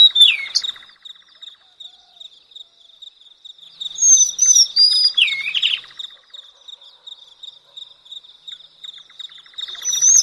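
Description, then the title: Madagascar magpie-robin song: a few bursts of sweet, slurred whistles mixed with rapid ticking rattles, over a steady high-pitched whine. "Suara Kacer Madagaskar. suara burung kacer madagaskar"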